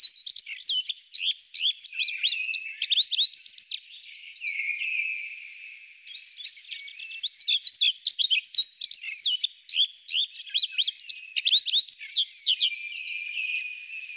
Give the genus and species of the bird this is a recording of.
Luscinia pectoralis